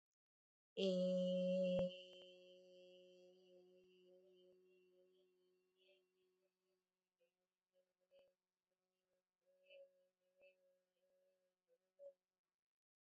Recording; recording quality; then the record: sustained vowel as in made; excellent, no background noise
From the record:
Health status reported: COVID-19 positive, mild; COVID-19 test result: positive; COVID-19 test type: RT-PCR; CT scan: not taken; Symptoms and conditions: fever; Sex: female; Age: 23 years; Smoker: yes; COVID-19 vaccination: both doses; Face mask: not worn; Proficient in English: yes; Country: India